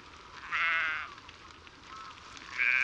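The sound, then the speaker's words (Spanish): A flock of sheep without bells bleats in wavering, nasal calls, one long bleat followed later by another rising cry, over a soft, steady shuffle of many hooves trampling as it passes along a muddy path in fog. “Un rebaño mudo de ovejas sin esquilas pasa de largo por un camino embarrado y se esfuma en la niebla.”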